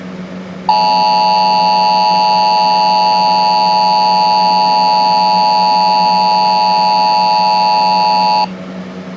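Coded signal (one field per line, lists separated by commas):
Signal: Emergency Alert System (SAME) tones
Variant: 853 and 960 Hz attention tone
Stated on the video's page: Fictional EAS scenario made in a mobile app, recorded by phone.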